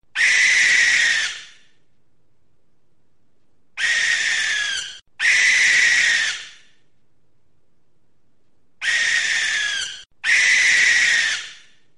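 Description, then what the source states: Barn owl screeching: drawn-out rasping shrieks, one single then two pairs, each lasting over a second and separated by quiet pauses. Recorded in Gloucestershire.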